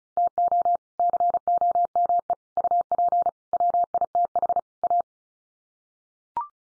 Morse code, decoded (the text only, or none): TO COME UP WITH A